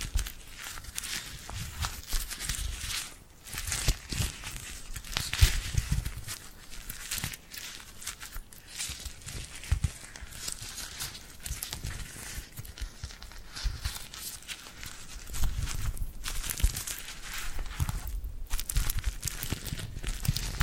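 Tingly glued hand sounds: sticky skin pulling apart in a dense, uneven stream of crackly, crinkly snaps and peels, bright and hissy on top with soft low thumps underneath. Brief quiet gaps break the flow around three and eighteen seconds.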